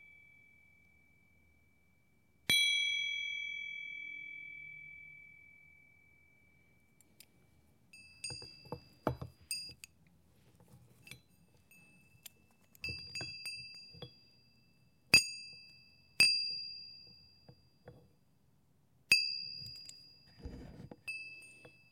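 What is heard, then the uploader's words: Delicate wind chimes ring out in clear strikes every few seconds, each tone fading slowly, with soft low rustling and clatter between them. Zen Garden Serenity: Wind Chimes and Nature Sounds.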